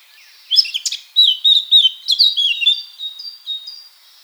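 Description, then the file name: Eurasian blackcap song: a quick scratchy warble rising into clear fluted notes, then a few fading whistled notes at the end; no other sounds. "Sylvia atricapilla"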